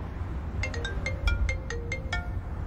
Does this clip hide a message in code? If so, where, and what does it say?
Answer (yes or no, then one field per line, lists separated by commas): no